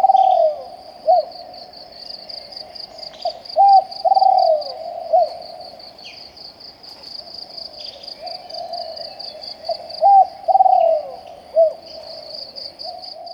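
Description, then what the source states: Spotted dove cooing: low, soft hooted notes in short phrases, some slurred downward, repeated at intervals over a steady high-pitched insect trill. Eastern form of spotted dove.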